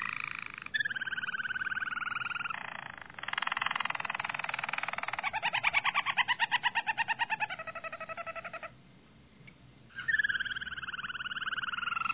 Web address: ~joaopt canarios racas canto harzers